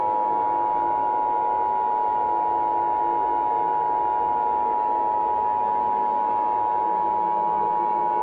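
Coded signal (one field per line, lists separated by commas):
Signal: Emergency Alert System (SAME) tones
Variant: 853 and 960 Hz attention tone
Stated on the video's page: Fictional EAS scenario, not a real alert.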